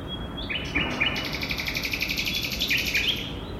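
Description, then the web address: Nightingale song: a fast repeated buzzy rattle of pulses, opening with a whistled note, over a low rumble. Two nightingales singing against city noise on 22 April 2013 at 17:21, for the recordist's own Earth Day. "odglosy-zwierzat-i-dzwieki-zwierzat 17 h 21 m 54 s 22 apr 2013-koncert-na-dwa-słowiki-i-cywilizację"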